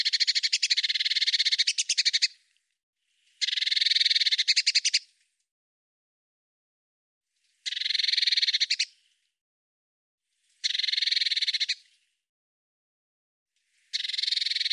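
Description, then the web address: Eurasian blue tit giving harsh, buzzy churrs: five rapidly pulsed bursts of one to two seconds, the last cut short, with silence between. "Deverinetal"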